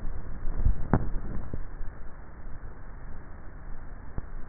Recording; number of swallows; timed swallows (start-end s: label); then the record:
swallowing sounds by neck microphone; 1
0.45-1.25 s: swallow
From the record:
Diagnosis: dysphagia